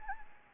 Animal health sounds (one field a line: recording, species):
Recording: mosquito wingbeat signal from an infrared sensor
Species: Anopheles gambiae